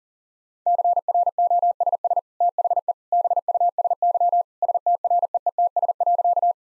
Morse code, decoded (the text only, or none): CROSS THE BUSY STREETS.